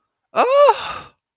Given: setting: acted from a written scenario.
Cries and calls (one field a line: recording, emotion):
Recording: vocal sound without words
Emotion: distress